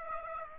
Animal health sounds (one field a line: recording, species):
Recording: mosquito wingbeat signal from an infrared sensor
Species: Aedes aegypti